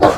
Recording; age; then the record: pig call; growing-finishing pig (85 days or more)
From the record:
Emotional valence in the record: positive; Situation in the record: run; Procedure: transit